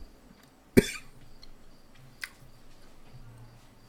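A single sharp, forceful cough bursts out near the start from an adult, followed by a faint throat click and low room hum. It is an irritant cough brought on by eating an extremely hot Carolina Reaper plus a chocolate Bhutlah pepper.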